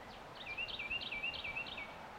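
Bird singing a quick run of several repeated high, slurred whistles over a steady background hiss.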